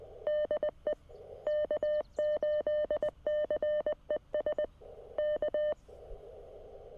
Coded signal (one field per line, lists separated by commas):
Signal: Morse code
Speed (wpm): 20 wpm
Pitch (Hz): 600 Hz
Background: none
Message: DE K8CES K